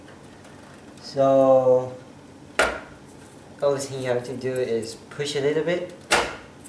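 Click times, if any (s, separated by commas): 6.1 s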